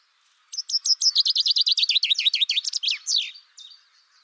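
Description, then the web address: Bird trill: fast, loud, looping notes pour out for about two and a half seconds, ending in a descending slur and a couple of softer chirps. "cianscape birddata Deverinetal 2025 Bird Only Fr Co"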